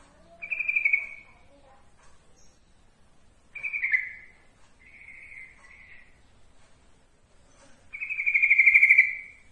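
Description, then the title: Yellow-vented bulbul song: four buzzy trilled phrases at a steady high pitch, the last the longest. Masteran training recording of trucukan song. "Masteran Ampuh Suara Trucukan"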